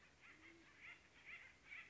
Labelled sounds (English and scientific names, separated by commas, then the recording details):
Band-tailed Pigeon (Patagioenas fasciata)
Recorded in Sonoma County, California